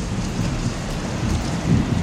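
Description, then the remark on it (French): A storm of heavy, steady rain and wind, with a deep thunder rumble swelling low beneath the constant hiss. No voices are heard. “Lors de son dernier contact avec la tour de contrôle, le leader de la formation, le lieutenant Taylor, a expliqué par radio que son groupe venait de se retrouver piégé dans, je le cite, une tempête de vent et de pluie inimaginable.”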